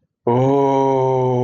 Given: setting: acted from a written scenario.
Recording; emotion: vocal sound without words; awe